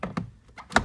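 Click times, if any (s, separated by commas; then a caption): 0.0 s, 0.2 s, 0.8 s. Three sharp pops at 0.0, 0.2 and 0.8 s as the retaining clips of an interior plastic trim panel on a Honda Civic pop loose from the car body. The panel is being pried up from the bottom to reach the seat belt pretensioner. The clips are released, with a faint thunk between the pops.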